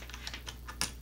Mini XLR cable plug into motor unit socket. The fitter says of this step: gonna go ahead plug the XLR cable into the motor locks